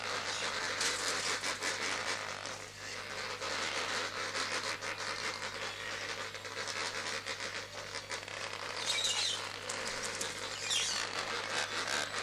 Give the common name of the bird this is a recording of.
Lesser Flamingo